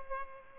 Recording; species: mosquito wingbeat signal from an infrared sensor; Culex pipiens